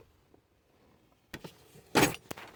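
A plastic console trim piece for a Toyota is handled against the center console while being put back on. After a quiet start, light plastic taps come in at about 1.3 and 1.4 seconds, a loud broadband rattle and scrape peaks around 2.0 seconds, and a brief sharp tap sounds at 2.3 seconds. The piece has not yet seated or clicked into place when the clip ends.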